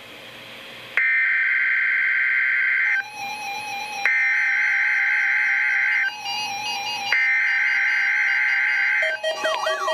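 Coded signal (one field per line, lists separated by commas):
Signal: Emergency Alert System (SAME) tones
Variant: header bursts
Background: speech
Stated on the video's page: Required Weekly Test from weather radio station KEC60 in Milwaukee, Wisconsin.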